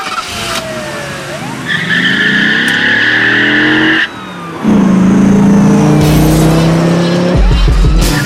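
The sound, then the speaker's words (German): A car engine revs upward while tires let out a sustained high-pitched squeal for a few seconds, then the motor roars louder and steadier as the car accelerates away, fleeing from police. “Okay, Alter, gib Gas, aber lass mich erst zu Ende bauen.”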